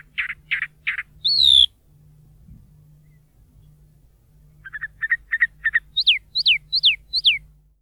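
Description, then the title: Chalk-browed mockingbird singing varied phrases: three rasping notes, a high whistle, then a quick run of short chips and four descending whistled slurs. Most common mockingbird of the Bahía Blanca area, Argentina; noted for singing and imitating other birds, noises and human whistles; breeds spring to summer; in wooded areas, open woodland, fields, plazas, settlements. "Museo de Ciencias de Bahía Blanca - PdA - Calandria Grande"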